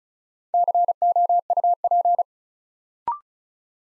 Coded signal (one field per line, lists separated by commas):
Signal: Morse code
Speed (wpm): 36 wpm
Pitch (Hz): 700 Hz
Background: none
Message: COUP